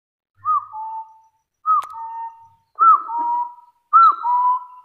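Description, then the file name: Hill partridge giving two-note whistles: a short arched note, then a longer, flatter, lower whistle. The pairs are spaced a little over a second apart, with a brief click. "Tieng ga so nui"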